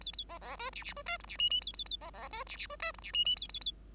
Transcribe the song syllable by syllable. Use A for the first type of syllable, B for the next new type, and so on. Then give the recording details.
A A B B C D D C E F D G G A A A B B C D D C E F D G G A A A. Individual Bird5